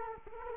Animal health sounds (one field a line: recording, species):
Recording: mosquito wingbeat signal from an infrared sensor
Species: Culex quinquefasciatus